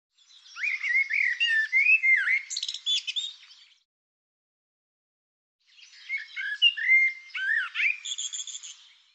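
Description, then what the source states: Bird singing two long, varied phrases of quick whistled slides mixed with rattling, buzzy notes, separated by a couple of seconds of silence. Bird labelled "Tu Me".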